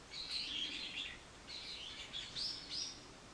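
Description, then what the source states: Bird chirping in quick high twitters, three bursts in a row, the last with thin rising whistled notes, against light hiss. Recorded 24 March 2023.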